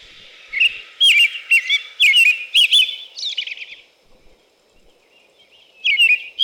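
American robin song, a run of clear, caroling whistled phrases that rise and fall, about two per second, then a pause and a last phrase.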